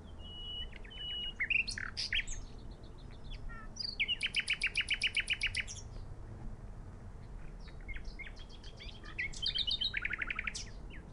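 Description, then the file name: Common nightingale delivering several phrases: scattered sharp chirps, a loud rapid rattle of repeated notes around midway, then another fast trilled burst. "Luscinia megarhynchos"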